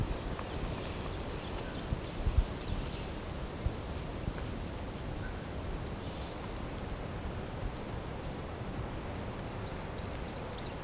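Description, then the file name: Pumpkin toadlet call: short high-pitched buzzy notes repeated in two bursts, with fainter notes between. Recorded at Morro do Canal in January 2017, 150 cm from the microphone. "Brachycephalus sulfuratus Morro do Canal 150 cm from microphone LFRibeiro JAN-2017"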